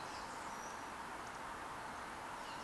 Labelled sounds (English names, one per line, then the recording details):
Eurasian Woodcock whistle
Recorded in Baden-Württemberg, Germany, on 10 June 2021 at 19:43 UTC
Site 43323, 910 m above sea level